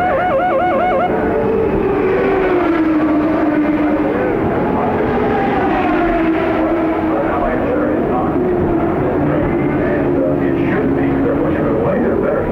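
IndyCar engines drone continuously at trackside, their pitch sliding up and down as cars pass, with a warbling siren-like whine at the start.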